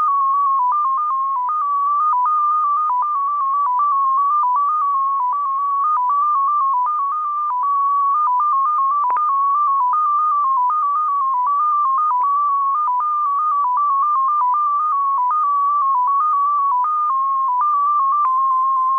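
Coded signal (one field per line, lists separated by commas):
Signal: numbers station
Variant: XPA2 polytone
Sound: continuous rapid warbling tone hopping between several close pitches around 1 kHz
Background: faint radio static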